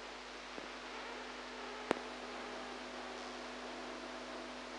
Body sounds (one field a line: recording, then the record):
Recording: brain microelectrode recording played as sound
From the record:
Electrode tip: inside the subthalamic nucleus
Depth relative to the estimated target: -2 mm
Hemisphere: right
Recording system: NeuroSet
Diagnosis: Parkinson's disease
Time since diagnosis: 8 years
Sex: female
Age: 45 years